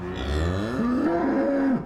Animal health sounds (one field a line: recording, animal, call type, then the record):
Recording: contact call of a hoofed animal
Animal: cattle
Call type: low-frequency (closed-mouth) or high-frequency (open-mouth) call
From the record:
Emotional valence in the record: negative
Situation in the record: full separation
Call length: 1.85 s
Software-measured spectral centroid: 1280 Hz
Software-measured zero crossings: 980 a second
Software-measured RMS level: -24 dBFS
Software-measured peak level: -13 dBFS